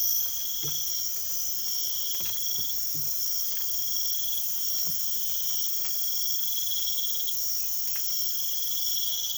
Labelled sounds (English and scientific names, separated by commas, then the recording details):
none
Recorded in pastures near Puerto Asís, Putumayo, Colombia, on 24 March 2025 at 03:00
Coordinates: 0.487, -76.322
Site G077